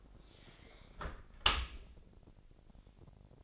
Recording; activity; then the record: daily activity, microphone in the room; close dishwasher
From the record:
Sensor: 5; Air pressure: 1000.6 hPa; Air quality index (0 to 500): 248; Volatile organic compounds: 35 ppm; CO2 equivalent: 3052 ppm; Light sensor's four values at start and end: 31/71/28/27 and 31/70/28/26